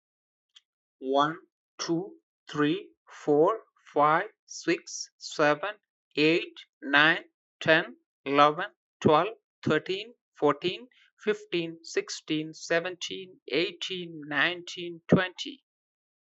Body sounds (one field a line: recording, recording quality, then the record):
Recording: counting at a normal pace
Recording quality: excellent, no background noise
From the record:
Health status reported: healthy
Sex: male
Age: 30 years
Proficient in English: yes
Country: United States